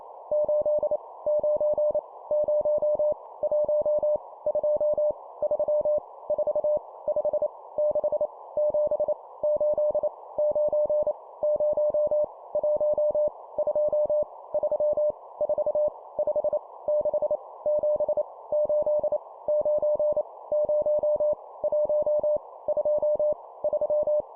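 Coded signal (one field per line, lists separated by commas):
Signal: Morse code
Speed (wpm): 28 wpm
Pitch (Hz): 600 Hz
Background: none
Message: 8 9 0 1 2 3 4 5 6 7 8 9 0 1 2 3 4 5 6 7 8 9 0 1 2 3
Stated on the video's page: Morse code practice sending numbers at 25 wpm.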